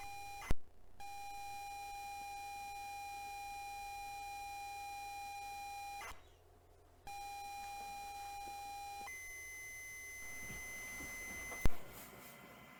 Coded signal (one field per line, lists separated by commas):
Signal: ZX Spectrum tape loading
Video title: ZX Retro Wireless for the Sinclair ZX Spectrum Next. (1st Preview)